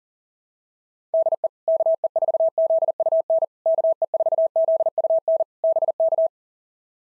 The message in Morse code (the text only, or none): DE KE4ZUN KE4ZUN BK